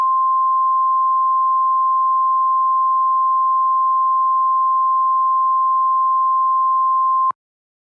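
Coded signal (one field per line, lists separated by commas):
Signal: Emergency Alert System (SAME) tones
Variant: 1050 Hz attention tone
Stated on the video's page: Fictional EAS scenario about an Inkling invasion.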